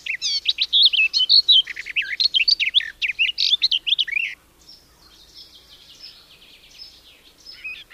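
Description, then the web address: Garden warbler song as a rapid, mellow outpouring of varied notes lasting about four seconds, followed by quieter, thinner chatter. "Madardalok Kerti poszáta"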